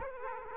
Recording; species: mosquito wingbeat signal from an infrared sensor; Aedes aegypti